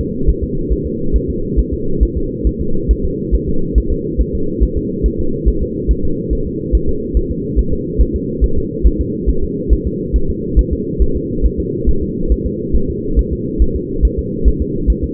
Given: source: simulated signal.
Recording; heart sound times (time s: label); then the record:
fetal heart sounds
0.01 s: S2
0.29 s: S1
0.44 s: S2
0.72 s: S1
0.87 s: S2
1.16 s: S1
1.30 s: S2
1.59 s: S1
1.73 s: S2
2.03 s: S1
2.17 s: S2
2.47 s: S1
2.61 s: S2
2.91 s: S1
3.05 s: S2
3.35 s: S1
3.49 s: S2
3.78 s: S1
3.92 s: S2
4.21 s: S1
4.35 s: S2
4.63 s: S1
4.78 s: S2
5.06 s: S1
5.20 s: S2
5.48 s: S1
5.62 s: S2
5.91 s: S1
6.05 s: S2
6.33 s: S1
6.47 s: S2
6.75 s: S1
6.89 s: S2
7.17 s: S1
7.31 s: S2
7.59 s: S1
7.73 s: S2
8.01 s: S1
8.16 s: S2
8.44 s: S1
8.58 s: S2
8.87 s: S1
9.01 s: S2
9.29 s: S1
9.44 s: S2
9.73 s: S1
9.87 s: S2
10.16 s: S1
10.30 s: S2
10.59 s: S1
10.73 s: S2
11.02 s: S1
11.16 s: S2
11.46 s: S1
11.60 s: S2
11.89 s: S1
12.03 s: S2
12.32 s: S1
12.46 s: S2
12.76 s: S1
12.90 s: S2
13.19 s: S1
13.33 s: S2
13.62 s: S1
13.76 s: S2
14.05 s: S1
14.19 s: S2
14.48 s: S1
14.62 s: S2
14.90 s: S1
15.04 s: S2
From the record:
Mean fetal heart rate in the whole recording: 140 bpm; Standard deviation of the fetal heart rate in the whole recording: 2 bpm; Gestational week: 34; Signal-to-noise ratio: -8.1 dB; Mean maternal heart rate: 72 bpm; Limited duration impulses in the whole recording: absent